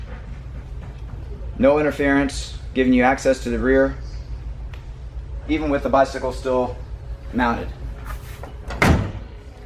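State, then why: Seated. A Thule T2 Pro XT platform hitch bike rack on a 2015+ Chevy Colorado is lifted from its tilted-down position back to upright without pulling the release handle. Someone talks, then the rack locks into place with a loud snap at 8.8 s.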